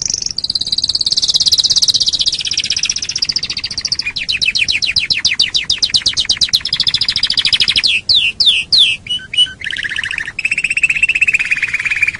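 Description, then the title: Canary song, continuous: a loud high buzzy tour sliding slowly lower, then rapid pulsed trills and quick downslurred notes, ending in a steady rolling trill. "Kenari"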